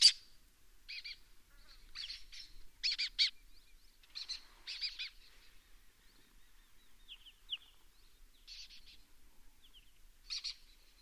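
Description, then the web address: Lesser kestrel uttering a run of dry, grating chatters, several close together early on, then sparser rasping notes and a few thin squeaks toward the end. "sound Lesser-kestrel. صدای-پرنده-دلیجه-کوچک"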